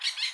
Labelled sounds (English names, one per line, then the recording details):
Brown-throated Parakeet contact call
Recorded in Curacao
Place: just S of Landhuis Groot St. Joris
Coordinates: 12.116, -68.830